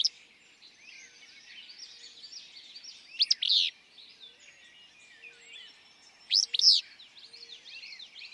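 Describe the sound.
Willow flycatcher giving two sneezy, buzzy two-part songs about three seconds apart, with a busy chorus of other birds twittering throughout.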